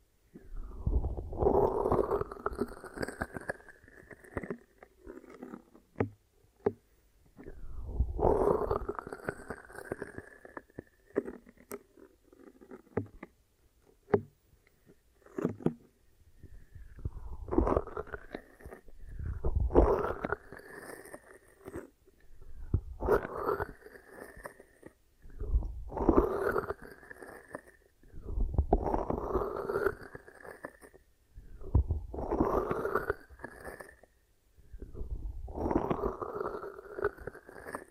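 Ear massage and cleaning: repeated rubbing swells, each rising in pitch over a couple of seconds, recurring every three seconds with faint clicks between.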